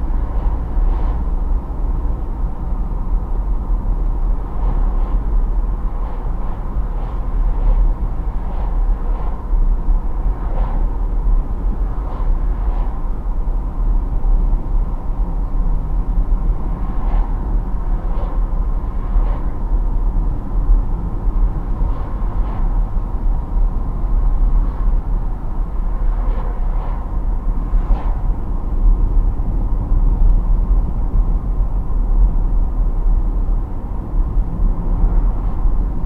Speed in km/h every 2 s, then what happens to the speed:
61, 62, 61, 62, 62, 61, 61, 61, 62, 64, 64, 66, 66, 64, 64, 64, 64, 66.
0-36 steady at about 62.